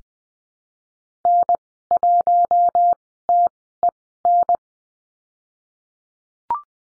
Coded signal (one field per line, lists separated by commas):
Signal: Morse code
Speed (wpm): 20 wpm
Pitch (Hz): 700 Hz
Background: none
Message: N1TEN